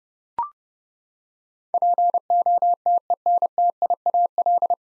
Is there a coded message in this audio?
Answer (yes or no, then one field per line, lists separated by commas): yes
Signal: Morse code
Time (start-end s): 1.7-4.7 s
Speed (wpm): 30 wpm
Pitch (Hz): 700 Hz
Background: none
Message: POTENTIAL